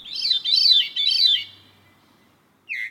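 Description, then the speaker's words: Veery song: a fluty, wavering phrase spiraling downward, with overlapping tones sounding like two notes at once, then a pause and a brief falling note. Two-tone song sounding like two notes at once, as if echoing itself; produced by a throat structure working like two voice boxes; veery is a thrush. "But the veery has one really special quality. And that is its song."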